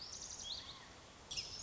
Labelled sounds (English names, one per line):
Lazuli Bunting